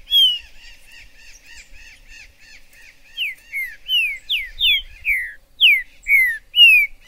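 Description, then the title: Green-winged saltator opening with a soft, evenly repeated chattering series, then breaking into a loud phrase of strong downslurred whistles. In the forest (mato). "Trinca ferro MAJOR no MATO"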